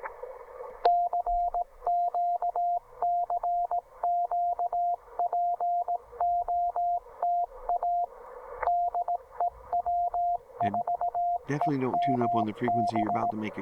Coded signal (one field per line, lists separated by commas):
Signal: Morse code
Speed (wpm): 17 wpm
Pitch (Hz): 690 Hz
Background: speech, radio noise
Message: CQ CQ POTA DE W4EMB